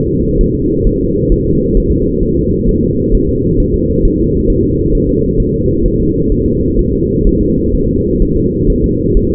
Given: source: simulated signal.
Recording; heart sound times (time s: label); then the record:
fetal heart sounds
0.09 s: S2
0.41 s: S1
0.55 s: S2
0.87 s: S1
1.01 s: S2
1.32 s: S1
1.46 s: S2
1.77 s: S1
1.91 s: S2
2.23 s: S1
2.37 s: S2
2.69 s: S1
2.83 s: S2
3.14 s: S1
3.29 s: S2
3.60 s: S1
3.74 s: S2
4.05 s: S1
4.19 s: S2
4.50 s: S1
4.64 s: S2
4.95 s: S1
5.09 s: S2
5.40 s: S1
5.54 s: S2
5.86 s: S1
6.00 s: S2
6.32 s: S1
6.46 s: S2
6.79 s: S1
6.93 s: S2
7.27 s: S1
7.41 s: S2
7.75 s: S1
7.89 s: S2
8.22 s: S1
8.37 s: S2
8.70 s: S1
8.84 s: S2
9.17 s: S1
9.31 s: S2
From the record:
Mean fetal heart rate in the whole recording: 130 bpm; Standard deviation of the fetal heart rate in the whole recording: 4 bpm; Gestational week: 38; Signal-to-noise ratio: -14.7 dB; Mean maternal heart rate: 72 bpm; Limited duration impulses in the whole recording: present